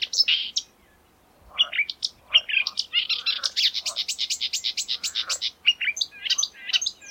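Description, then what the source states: Marsh warbler song, a lively, rapid jumble of high chirps, trills and slurred notes with brief pauses, nearly continuous throughout. Song, recorded in May 2020.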